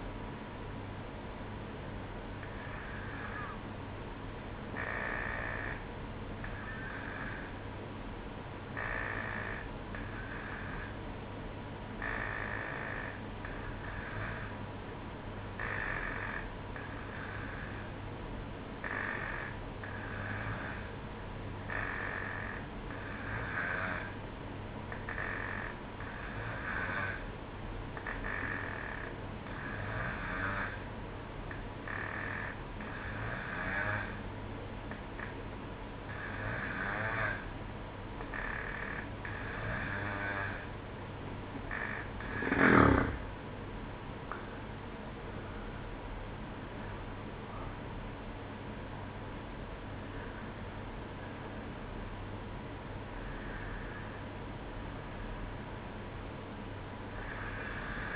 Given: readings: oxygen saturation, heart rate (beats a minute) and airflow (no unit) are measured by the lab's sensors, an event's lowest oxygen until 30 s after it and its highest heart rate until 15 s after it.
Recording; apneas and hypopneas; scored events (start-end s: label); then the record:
breathing in sleep by a voice recorder at the bedside; 1
3.00-38.80 s: hypopnea (N2, oxygen 94% highest, then 91% lowest, heart rate 60 at the start, 68 highest)
49.00-58.15 s: new sleep stage, N1 (lightest sleep)
From the record:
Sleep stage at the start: N2 (light sleep); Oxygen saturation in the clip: 91 to 94%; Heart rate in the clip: 60 to 68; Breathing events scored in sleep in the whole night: 305 in 9.6 hours asleep